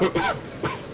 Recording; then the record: coughing mixed with background sound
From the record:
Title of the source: Dry Coughing Fit in the Afternoon.